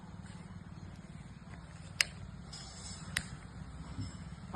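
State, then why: Seated. An aluminium telescopic pruning saw pole is extended until the spring lock pin in a pole section lines up with the hole and snaps into it with a sharp click at 2.0 s, locking the section in place. A second sharp click follows at about 3.2 s over a steady low rumble.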